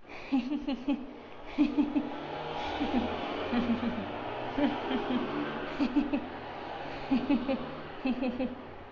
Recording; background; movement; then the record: laughter; traffic; sitting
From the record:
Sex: female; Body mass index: 22.6 kg/m2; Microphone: on the chest, facing outward